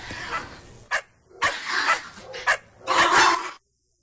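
Dogs bark and yelp in a handful of loud, irregular bursts, some short and sharp, others longer and rougher, with brief gaps between them and no one speaking.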